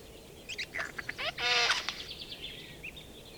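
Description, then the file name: Eurasian jay uttering a loud, harsh, grating screech preceded by a few short rough notes, then fading to faint chatter. "Garrulus glandarius"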